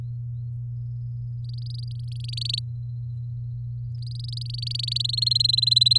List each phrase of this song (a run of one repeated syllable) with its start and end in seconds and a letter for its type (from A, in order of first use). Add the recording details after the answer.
1.44-2.59 A, 3.95-5.02 A, 5.04-5.98 B. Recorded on 7 May 2018 at 16:32. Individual llb16